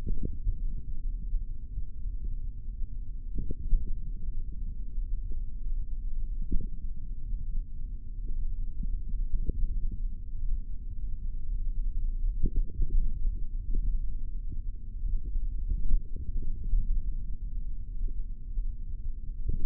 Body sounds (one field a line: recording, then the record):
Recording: forearm muscle sounds (acoustic myography)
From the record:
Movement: finger pinch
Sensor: system 3, bracelet of six PUI Audio POM-2738L microphones around the upper forearm, with dedicated amplification and filtering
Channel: 3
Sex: male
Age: 23 years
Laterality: right